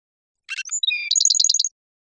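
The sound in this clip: Black-throated sparrow song opening with rough chips and clear whistled notes, followed by a quick tinkling trill of about eight high repeated notes.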